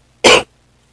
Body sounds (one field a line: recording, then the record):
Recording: coughing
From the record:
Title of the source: 61 morning phlegmy cough...again